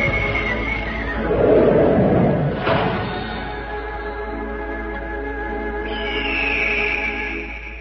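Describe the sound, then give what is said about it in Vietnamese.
A horse gallops up fast and gives a loud, wavering neigh that swells and then breaks off with a sharp rush, followed by steady high sustained tones that linger and rise again near the end. “Chợt nghe tiếng gió ngựa vang lên, một con ngựa phóng mau tới, đồng thời tiếng tiêu của cha cũng đã văng vẳng vang lên.”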